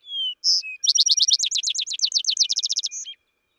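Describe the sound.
Vesper sparrow song: a few clear opening notes, then a long rapid series of high notes, ending with a short note.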